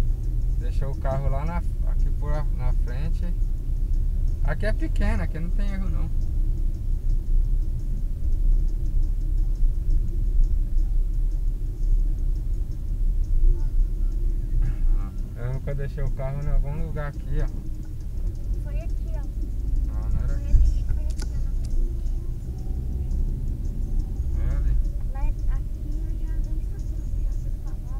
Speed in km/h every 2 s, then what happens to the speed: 27, 29, 28, 28, 29, 28, 26, 21, 15, 21, 24, 30, 30, 29.
0-11 steady at about 28. 11-17 slows to 15. 17-23 speeds up to 30.